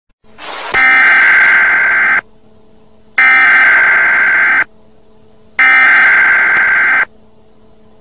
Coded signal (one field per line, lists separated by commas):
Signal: Emergency Alert System (SAME) tones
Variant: header bursts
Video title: EAS Activation Emergency Alert system scary NUCLEAR ATTACK, OLD PAUL VOICE